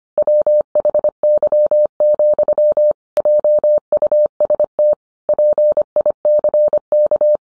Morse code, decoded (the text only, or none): WHY, JUST PICK